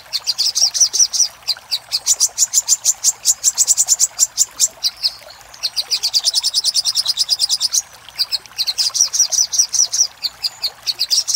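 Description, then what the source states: Little spiderhunter song: long runs of fast, high, sharp notes, almost continuous, broken by two short pauses before the rapid chipping resumes. Master recording for training cage birds, little spiderhunter in the labaik song style.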